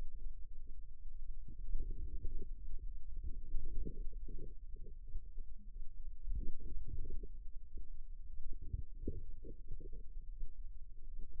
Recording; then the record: forearm muscle sounds (acoustic myography)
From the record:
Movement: outward rotation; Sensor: system 2, bracelet of six BSWA MPA416 microphones around the upper forearm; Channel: 6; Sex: female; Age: 22 years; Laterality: right